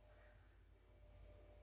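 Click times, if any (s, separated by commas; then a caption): none. A plastic Ninja Auto IQ blender pitcher is handled on its motor base, being placed and turned toward its locked position, with only a steady low rumble, soft hiss and a faint thin tone. Nothing has seated or clicked yet.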